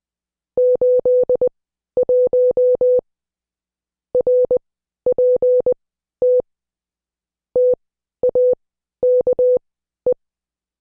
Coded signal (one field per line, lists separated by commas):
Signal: Morse code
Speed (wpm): 20 wpm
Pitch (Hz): 500 Hz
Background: none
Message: 81 RPT TAKE